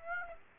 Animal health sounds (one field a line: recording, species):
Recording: mosquito wingbeat signal from an infrared sensor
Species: Aedes aegypti